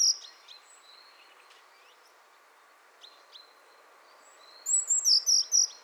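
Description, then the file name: Eurasian blue tit: scattered soft high calls, then a loud quick run of several high, thin notes near the end, over low background noise. "Cyanistes caeruleus"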